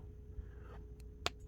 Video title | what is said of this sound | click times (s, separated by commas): Diamond Select Dark Alliance Series One Chastity Action Figure Review (2001) | and you could it's an audible snap i don't know if you heard it but i heard it so | 1.3 s